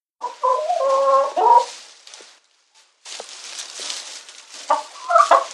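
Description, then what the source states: Chicken: fowl calls: a harsh wavering squawk for about two seconds, a gap, then noisy rustling with a few short squawks near the end. Domestic chicken.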